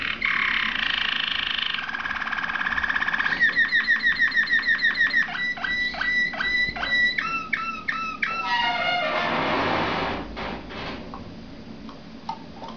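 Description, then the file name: Waterslager canary song: rolling trill, then rapid repeated pulses gradually slowing, a falling note series, and a softer fading warble. "malinois waterslager omkicau"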